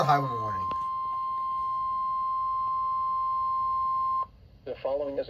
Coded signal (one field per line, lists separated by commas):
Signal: Emergency Alert System (SAME) tones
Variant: 1050 Hz attention tone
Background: speech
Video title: Double EAS #2-#3: High Wind Warning